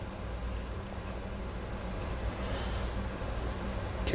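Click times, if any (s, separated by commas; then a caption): none. A plastic limb or panel on the second side of a transforming robot figure is pressed toward its peg during transformation, over a steady low hum with a brief sharp sound near 4.1 s. Nothing has snapped or clicked into place; the part is left as it is.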